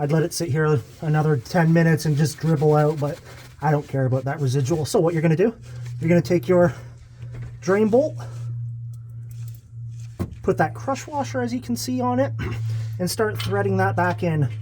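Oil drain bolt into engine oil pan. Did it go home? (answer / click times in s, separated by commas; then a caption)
no / none. Someone talks while handling the steel oil drain bolt for the engine oil pan of a 1990 NA Mazda Miata MX5, with a pan that may be aluminum. A few faint, small handling clicks are heard between about 8.9 and 10.0 seconds as the bolt is picked up and its crush washer is fitted, ready to be hand-threaded back in. Nothing has seated or clicked into place yet.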